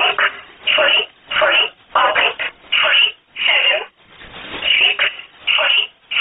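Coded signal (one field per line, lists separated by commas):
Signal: numbers station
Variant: E11 Oblique, English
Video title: 25 08 2017 Numbers station E11 Oblique in English to Eu 0710 on 10429 unknown tx site in USB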